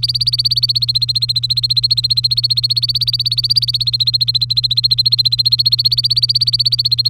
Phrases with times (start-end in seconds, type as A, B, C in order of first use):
0.00-7.09 A